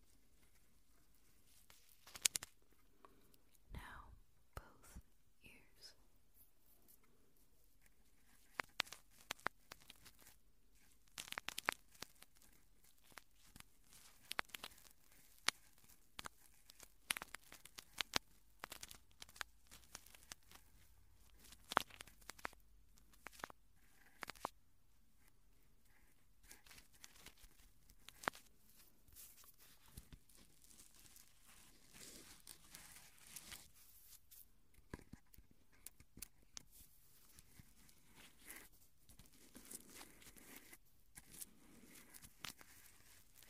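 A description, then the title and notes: Ears being cleaned naturally, heard as a run of short crackling, rustling scrapes against a quiet low hum. The sharp bursts come irregularly every second or so, some in quick clusters, with brighter crinkly moments near the 4, 11, and 22 second marks. Naturally Cleaning Your Ears.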